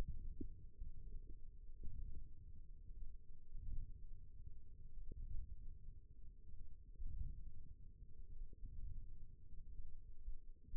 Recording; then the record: forearm muscle sounds (acoustic myography)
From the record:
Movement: ulnar deviation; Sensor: system 1, eight BSWA MPA416 microphones around the upper forearm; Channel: 2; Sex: female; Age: 21 years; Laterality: right